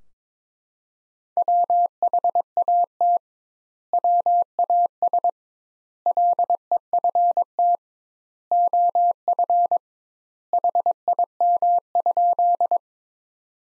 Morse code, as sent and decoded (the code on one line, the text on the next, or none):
.-- .... .- - / .-- .- ... / .-.. . ..-. - / --- ..-. / .... .. -- ..--..
WHAT WAS LEFT OF HIM?